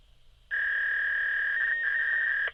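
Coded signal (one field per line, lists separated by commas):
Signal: fax machine handshake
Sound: steady high electronic tone for two seconds with a brief pitch shift and warble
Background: faint background hum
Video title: FAX SONIDO DE DATOS || ALPsounds -- data fax sound effect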